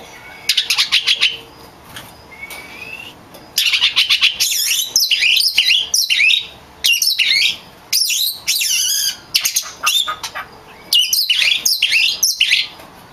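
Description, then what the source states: Magpie-robin singing in loud clipped bursts of sweeping whistles and harsh rasping notes, separated by brief pauses, with a thin rising whistle early on. Champion (juara) song, used as masteran tutor song.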